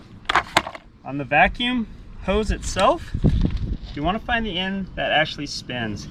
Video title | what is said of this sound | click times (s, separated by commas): How to Vacuum A Pool: How to Use a Pool Vacuum: Vacuuming a Pool: Pool Vacuuming: Cleaning Pool | and it snaps into place | 0.3 s